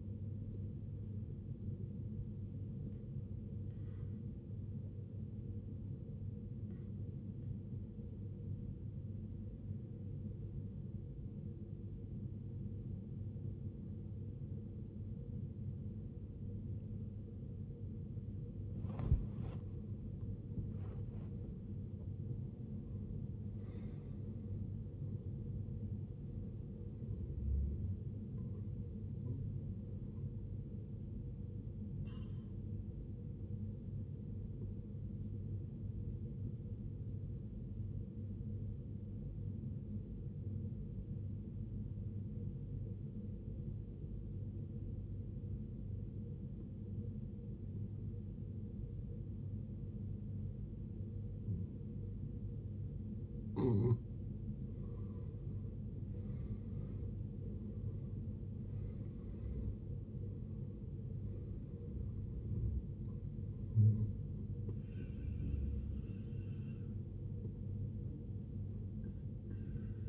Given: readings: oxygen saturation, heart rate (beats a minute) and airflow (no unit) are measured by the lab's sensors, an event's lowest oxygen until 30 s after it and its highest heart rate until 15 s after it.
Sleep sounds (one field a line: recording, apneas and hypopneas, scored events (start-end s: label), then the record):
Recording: breathing in sleep by a smartphone at the bedside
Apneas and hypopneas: 2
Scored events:
4.00-19.80 s: obstructive apnea (N1, oxygen 88% highest, then 85% lowest, heart rate 57 at the start, 84 highest)
36.00-54.40 s: obstructive apnea (N1, oxygen 94% highest, then 80% lowest, heart rate 56 at the start, 73 highest)
From the record:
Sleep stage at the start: N1 (lightest sleep)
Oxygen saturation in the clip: 80 to 94%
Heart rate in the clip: 52 to 84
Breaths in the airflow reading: 8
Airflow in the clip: -14.1 to 15.0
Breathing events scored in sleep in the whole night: 389 in 6.3 hours asleep